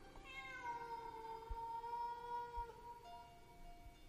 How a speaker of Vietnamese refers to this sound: Bỗng dưng, ông nghe có tiếng mèo kêu thảm thiết. Tiếng kêu tựa như là chúng nó bị ai cắt tiết, khiến cho ông cụ Trình giật mình. Ông quay sang: Bà nó ơi, bà nó dậy xem là nghe như có tiếng mèo kêu ở đâu ghê quá.